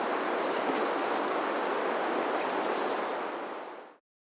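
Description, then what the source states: White-winged tanager singing one brief, high-pitched phrase of five or six rapid, thin downslurred notes near the end, with constant hiss that then fades out. Recorded in South America.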